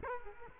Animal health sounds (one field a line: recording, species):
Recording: mosquito wingbeat signal from an infrared sensor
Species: Culex quinquefasciatus